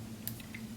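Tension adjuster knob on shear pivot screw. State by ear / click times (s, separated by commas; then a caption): seated / 0.3 s. The tension adjuster knob on the pivot screw of a pair of steel groomer shears is turned one detent tighter, giving a sharp, short click at 0.3 s, followed by a fainter tick around 0.6 s over a low steady hum. The adjuster clicks into place one notch tighter.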